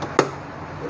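On a Brother JV1400 sewing machine, the bobbin-winder spindle with a bobbin on it is pushed over into position. A single sharp click at 0.2 s marks it seating in place, followed by quiet.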